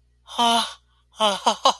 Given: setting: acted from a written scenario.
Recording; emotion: vocal sound without words; elation